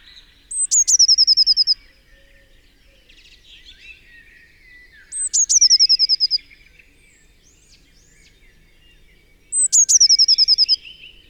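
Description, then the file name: Eurasian blue tit repeating a high piercing note followed by a rapid ringing trill, three times roughly every four seconds, with soft background twittering. "Cyanistes caeruleus"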